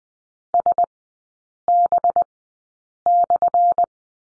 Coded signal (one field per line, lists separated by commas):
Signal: Morse code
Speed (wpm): 20 wpm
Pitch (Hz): 700 Hz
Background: none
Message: SB/